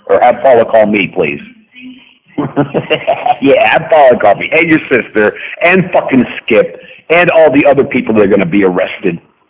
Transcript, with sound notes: Or, have Paula call me please. [maniacal laughter] Yeah, have Paula call me. And, your sister, and fucking Skip and all of the other people that are going to be arrested.